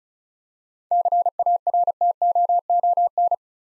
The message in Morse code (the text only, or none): CARTOON